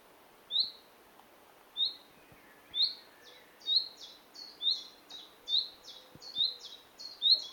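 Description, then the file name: Common nightingale giving rising whistled calls, spaced at first, then coming faster, against low background hiss. "Luscinia megarhynchos"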